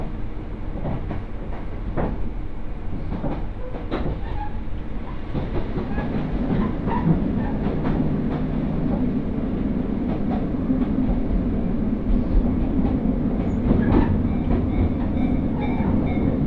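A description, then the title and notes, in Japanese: A ride aboard the Mizushima Rinkai Railway train, with a steady low rumble from the wheels and running gear filling the whole stretch. Sharp clicks and clanks from the track joints land every second or two, while a faint tone hums above the rumble later on. 耳で楽しむ鉄道旅 水島臨海鉄道 倉敷市→三菱自工前。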